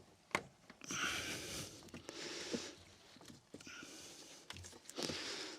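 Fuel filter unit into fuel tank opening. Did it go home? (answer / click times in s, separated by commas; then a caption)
no / none. A fuel filter assembly on a Mini Cooper is pushed down by hand into its slot in the fuel tank opening, giving a sharp tap at 0.4 s followed by stretches of broad hissing rustle with small knocks near 0.8, 2.1, 4.5 and 4.9 s. Nothing has seated or clicked yet: the fuel filter seal is not fully seated and must sit uniformly all the way around.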